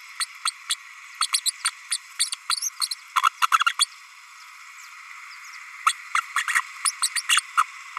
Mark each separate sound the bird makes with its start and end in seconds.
0.19-0.25, 0.45-0.51, 0.69-0.75, 1.20-1.27, 1.32-1.40, 1.45-1.51, 1.64-1.70, 1.91-1.98, 2.19-2.30, 2.49-2.56, 2.81-2.88, 2.90-2.95, 3.22-3.29, 3.41-3.47, 3.51-3.58, 3.66-3.73, 3.79-3.87, 5.86-5.92, 6.14-6.21, 6.36-6.44, 6.47-6.61, 6.84-6.92, 7.02-7.09, 7.15-7.22, 7.29-7.41, 7.57-7.63